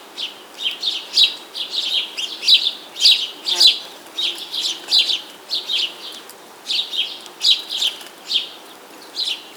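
Bird song: a lively run of bright, high chirps and twitters coming in quick irregular bursts, with one lower rasping note partway through.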